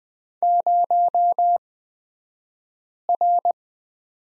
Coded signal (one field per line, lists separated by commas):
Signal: Morse code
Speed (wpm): 20 wpm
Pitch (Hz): 700 Hz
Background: none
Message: 0R